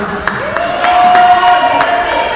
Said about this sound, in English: Good job. Give someone a round of applause, everybody.